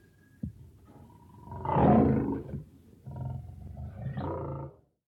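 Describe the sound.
Lion roar: a brief low sound, then a swelling rough roar peaking near two seconds, followed by a second, quieter roar around four seconds.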